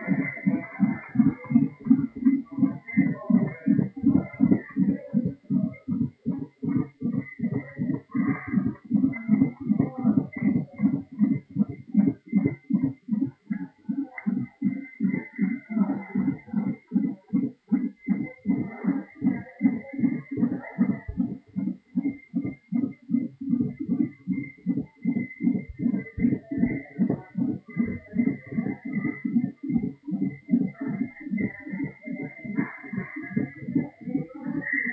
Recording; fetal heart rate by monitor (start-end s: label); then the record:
fetal heart sounds by stethoscope on the mother's abdomen
0.00-10.00 s: 162 bpm
10.00-20.00 s: 156 bpm
20.00-30.00 s: 156 bpm
30.00-34.93 s: 150 bpm
From the record:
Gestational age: 41 weeks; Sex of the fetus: girl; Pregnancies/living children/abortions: 3/2/0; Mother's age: 33 years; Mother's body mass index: 27.1